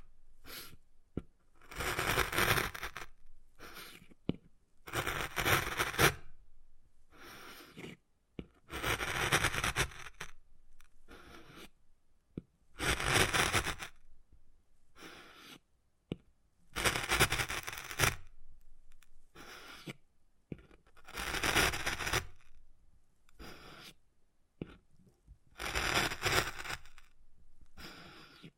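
Wood carving with repeated scraping strokes, each lasting one to two seconds, separated by short silent pauses. The strokes come in an irregular but steady rhythm throughout, sounding rough and gritty with a bright edge, with a few quick taps between them.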